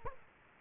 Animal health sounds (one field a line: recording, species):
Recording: mosquito wingbeat signal from an infrared sensor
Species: Culex quinquefasciatus